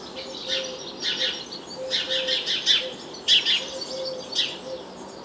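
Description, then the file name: House sparrow chirping: harsh, smeared chirps repeated in loose clusters, with a faint low steady tone recurring underneath. "Passer domesticus"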